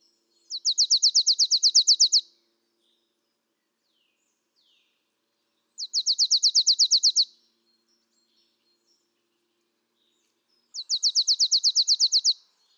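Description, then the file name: Marsh tit repeating a quick, high-pitched trill of sharp notes three times, each burst under two seconds, with pauses of a few seconds between them. "Poecile palustris"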